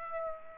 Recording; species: mosquito wingbeat signal from an infrared sensor; Aedes aegypti